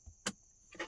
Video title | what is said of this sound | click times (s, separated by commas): Rivian - R1S - Accessories - Lockable storage- Armrest Safe - BestEVMod | unlocked slid out | 0.3 s